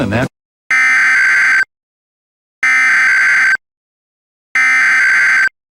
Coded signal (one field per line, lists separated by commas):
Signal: Emergency Alert System (SAME) tones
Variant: header bursts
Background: speech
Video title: rahhh eas test